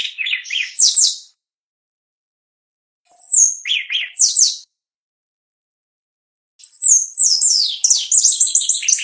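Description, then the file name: Shiny cowbird singing bubbly gurgles and high, thin, downslurred whistles, in three separate phrases with quiet gaps, the last a long rapid series. "canto do chupim"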